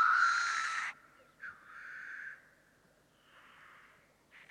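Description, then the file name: Black grouse giving one loud harsh hiss, then softer rasping notes. "Digiffects Sound Effects Library - Black Grouse Bird"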